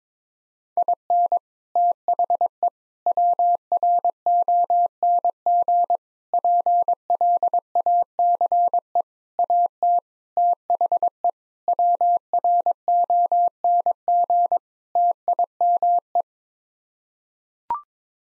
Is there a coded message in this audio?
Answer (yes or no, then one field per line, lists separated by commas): yes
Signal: Morse code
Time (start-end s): 0.8-16.2 s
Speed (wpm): 22 wpm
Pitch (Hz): 700 Hz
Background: none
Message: IN THE WRONG PLACE AT THE WRONG TIME